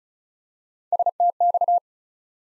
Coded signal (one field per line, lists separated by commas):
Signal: Morse code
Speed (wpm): 36 wpm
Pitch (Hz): 700 Hz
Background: none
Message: STX